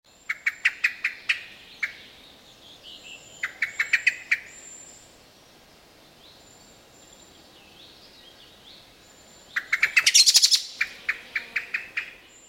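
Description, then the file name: Common blackbird calls: quick runs of sharp, clucking chink notes in bursts, then a louder, harsher chattering flurry and further scattered chinks. "Turdus merula"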